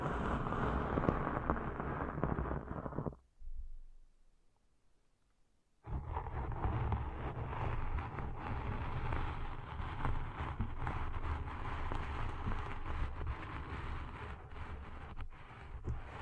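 Deep ear cleaning sounds: dense rustling and scraping with low rumble, a near-silent gap around 3–6 seconds, then steady scratching resumes.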